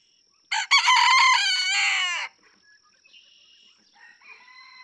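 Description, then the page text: Red junglefowl (chicken): red junglefowl rooster crowing: one loud harmonic cock-a-doodle-doo of about two seconds, then faint chirps and calls of small birds in the background. Several roosters in a barnyard, each with a distinct crow; Kentucky, USA, just outside a national park, June 2, 2010; illustrates that each individual has its own song. "Birdsong for the Curious Naturalist. Red junglefowl (chicken). No two roosters crow alike in this Kentucky barnyard. June 2, 2010. Just outside Mammoth Cave National Park, Kentucky"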